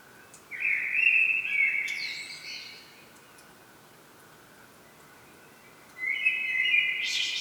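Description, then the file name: Common blackbird song with a mellow fluted phrase trailing into a high twitter, silence, then a new phrase rising to a shrill ending. "Turdus merula"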